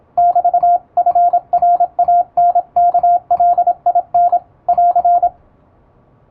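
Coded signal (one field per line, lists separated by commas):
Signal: Morse code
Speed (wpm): 26 wpm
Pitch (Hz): 700 Hz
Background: radio noise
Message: <BT>FRANKLIN <AR>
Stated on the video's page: Morse sent with an electronic keyer at high speed, practice text from an English-language telegram practice book, sent by a first-class radiotelegraph operator.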